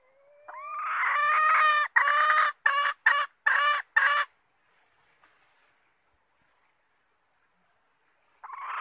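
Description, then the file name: Red junglefowl hen giving a long, rising drawn-out note followed by five short, harsh clucks in quick succession, then a quiet gap before another drawn note begins. Hen (female) calling to find a mate. "tieng ga rung mai keu tim kiem ban tinh"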